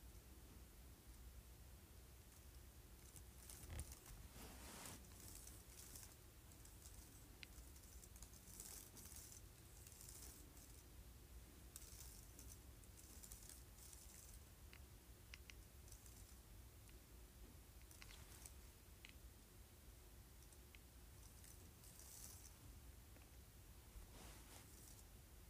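Fingers run lightly across a keyboard, giving soft, irregular clicks and rustles over a steady low hum, with a sharper tap near four seconds.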